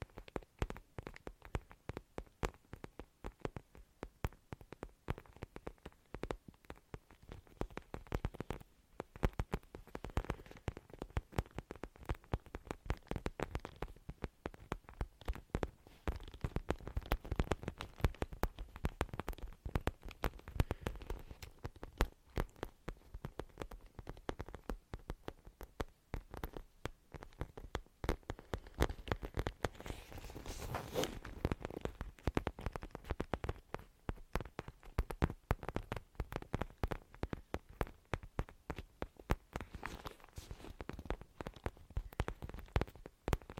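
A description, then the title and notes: Intense tapping runs the whole way through as a dense, rapid patter of sharp clicks with no real pauses. The taps grow heavier and fuller from about 15 to 22 seconds, and a brighter, hissier flurry appears around 30 seconds. ASMR INTENSE TAPPING.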